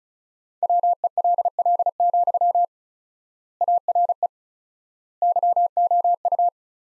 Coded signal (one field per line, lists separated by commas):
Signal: Morse code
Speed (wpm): 36 wpm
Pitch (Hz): 700 Hz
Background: none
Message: WELL, ARE YOU